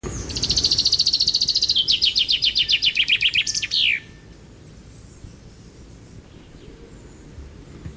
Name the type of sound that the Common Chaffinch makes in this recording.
song